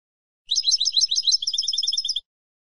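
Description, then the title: European goldfinch song: a short burst of tumbling twitters that settles into a fast even trill of bright notes. "Jilguero"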